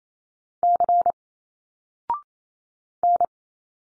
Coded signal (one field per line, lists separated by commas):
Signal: Morse code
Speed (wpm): 27 wpm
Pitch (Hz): 700 Hz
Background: none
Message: C N